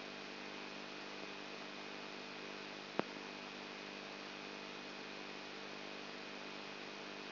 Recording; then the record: brain microelectrode recording played as sound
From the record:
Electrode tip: inside the subthalamic nucleus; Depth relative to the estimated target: 1 mm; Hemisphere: left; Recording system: AlphaMap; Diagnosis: Parkinson's disease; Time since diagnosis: 12 years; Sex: female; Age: 59 years